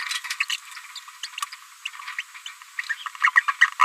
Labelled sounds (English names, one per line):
Green-rumped Parrotlet babbling